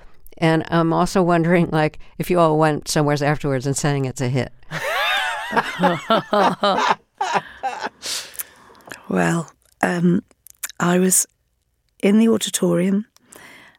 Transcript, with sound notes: And I'm also wondering, like, if you all went somewhere afterwards and sang "It's A Hit."
(LAUGHTER)
Well, I was in the auditorium.